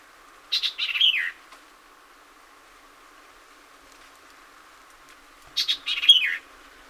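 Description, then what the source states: White-eyed Vireo song phrase repeated twice, about five seconds apart: snappy opening chips followed by a rapid warbled jumble with a falling whistle at the end. 26 April 2019; seventeen songs.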